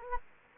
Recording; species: mosquito wingbeat signal from an infrared sensor; Anopheles gambiae